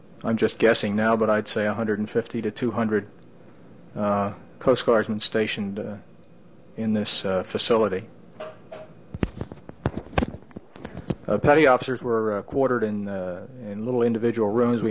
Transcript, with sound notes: I'm just guessing now, but I'd say a hundred and fifty to two hundred Coast Guardsmen stationed in this facility. ( disturbance to the microphone ) Petty officers were quartered in little individual rooms.